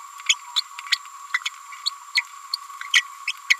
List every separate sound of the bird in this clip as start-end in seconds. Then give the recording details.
0.29-0.35, 0.56-0.62, 0.91-0.97, 1.33-1.39, 1.85-1.90, 2.15-2.22, 2.93-3.04, 3.27-3.33, 3.50-3.56. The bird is a female. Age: 31 days. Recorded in a nest box in Venezuela. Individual 17B102A6